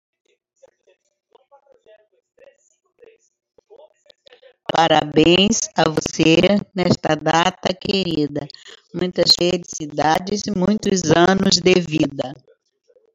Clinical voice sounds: short text; Brazilian Portuguese; female; 60 to 69 years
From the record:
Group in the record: control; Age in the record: 68 years

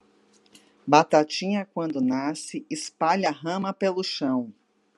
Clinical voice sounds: short text; Brazilian Portuguese; female; 50 to 59 years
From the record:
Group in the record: control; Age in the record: 53 years

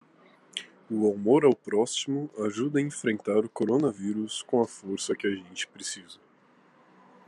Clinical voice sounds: spoken sentence; Brazilian Portuguese; male; 18 to 19 years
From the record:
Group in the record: control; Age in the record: 18 years

